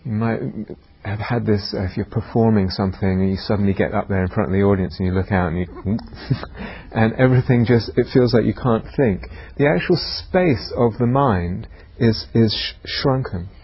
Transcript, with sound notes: You might have had this if you're performing something, and you suddenly get up there in front of the audience, and you look out and... [laughs] Everything just -- it feels like you can't think. The actual space of the mind is shrunken,